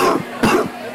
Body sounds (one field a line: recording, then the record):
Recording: coughing mixed with background sound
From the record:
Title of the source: Coughing 77